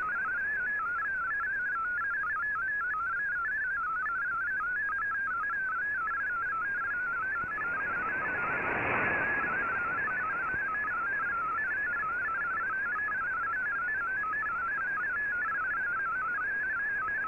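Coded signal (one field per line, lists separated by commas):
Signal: multi-tone FSK (Olivia or MFSK type)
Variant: MFSK16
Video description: Here is my decode of the Shortwave Radiogram broadcast today on 15770Khz shortwave radio at 1300UTC in MFSK16, 32 and 64 and with 10 SSTV images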